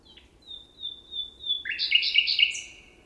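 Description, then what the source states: Common nightingale song: several soft drawn-out whistles building into a loud, rapid rattling series of repeated notes. 26 June.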